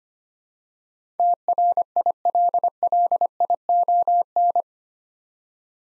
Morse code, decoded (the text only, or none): TRILLION